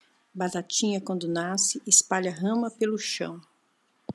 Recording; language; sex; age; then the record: short text; Brazilian Portuguese; female; 50 to 59 years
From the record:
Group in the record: control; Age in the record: 55 years